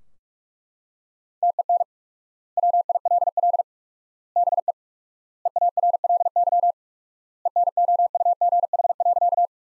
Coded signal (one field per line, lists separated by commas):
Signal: Morse code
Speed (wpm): 41 wpm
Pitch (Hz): 700 Hz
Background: none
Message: TEN WILL BE EARLY ENOUGH.